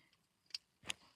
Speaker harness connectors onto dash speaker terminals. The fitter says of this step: Push it on there till they click.